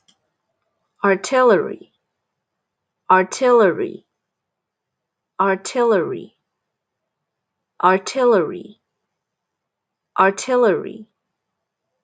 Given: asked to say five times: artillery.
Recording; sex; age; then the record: repeated word; female; 20 to 29 years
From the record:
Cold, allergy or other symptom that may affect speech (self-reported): no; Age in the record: 24 years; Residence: Texas, United States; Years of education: 16